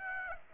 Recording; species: mosquito wingbeat signal from an infrared sensor; Aedes aegypti